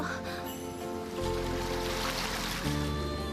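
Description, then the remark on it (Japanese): Steady rushing water flows continuously, a broad hiss layered over a low, even droning hum that grows slightly louder partway through. No one speaks. “あのさ、この水どこへ流れていってるの？”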